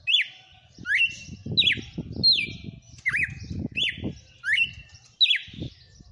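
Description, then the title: Red-cowled cardinal song: clear whistled notes sliding down, then a rising upturn, repeated roughly every 0.7 seconds, over low rumbling background noise. Female named Fenrir, singing in front of a customer. "Canto Galo Campina Fêmea. Galo de campina cantando na cara do FREGUÊS - Esse é o FENRIR"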